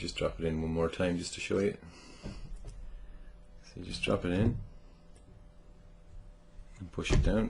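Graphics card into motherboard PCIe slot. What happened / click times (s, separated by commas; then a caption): The card was set over the slot without seating yet / none. Someone talks while a graphics card is dropped in and lined up over a motherboard PCIe slot, ready to be pushed down. Faint brief taps are heard at about 2.7 s and 5.2 s between the talking. Nothing has seated or clicked yet.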